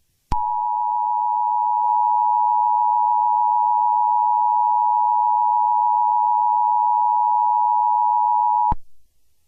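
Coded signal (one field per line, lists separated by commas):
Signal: Emergency Alert System (SAME) tones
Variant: 853 and 960 Hz attention tone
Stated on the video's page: Fictional EAS scenario, not a real alert.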